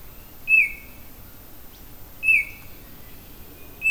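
Oriole uttering three strong downslurred notes, each with a short sustained tail, the last cut short at the end.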